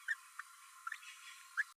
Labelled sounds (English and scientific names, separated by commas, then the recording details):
Green-rumped Parrotlet (Forpus passerinus) babbling
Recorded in a nest box in Venezuela
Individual 18B12A3